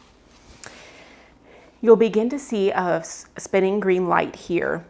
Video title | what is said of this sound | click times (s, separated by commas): How to Use your Home Sleep Test Device - DSM Sleep Specialists | i don't want one end out i want them both flush into the device you should hear a click | 0.6 s